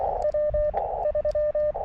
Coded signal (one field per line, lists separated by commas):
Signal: Morse code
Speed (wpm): 22 wpm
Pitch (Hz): 590 Hz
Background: radio noise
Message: W3